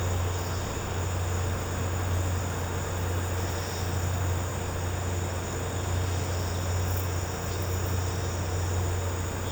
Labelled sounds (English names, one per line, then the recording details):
none
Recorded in pastures near Puerto Asís, Putumayo, Colombia, on 13 March 2025 at 14:30
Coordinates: 0.466, -76.322
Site CSA-02